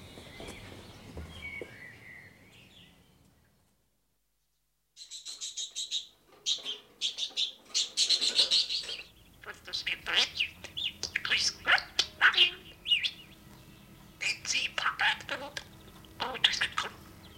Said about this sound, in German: Der Vogel sitzt da im Käfig.